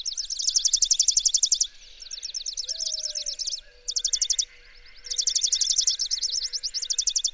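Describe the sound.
Bird song of rapid, high-pitched trilled notes, a loud opening burst, softer chatter, then more loud trilling toward the end.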